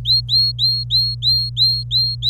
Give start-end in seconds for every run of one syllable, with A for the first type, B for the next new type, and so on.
0.05-2.30 A